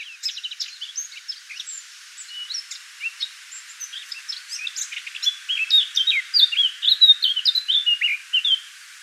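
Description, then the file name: Eurasian blackcap song, starting as quiet scattered chirps and swelling into a louder run of quick whistled and slurred notes in the last few seconds, over faint background hiss. "Sylvia atricapilla"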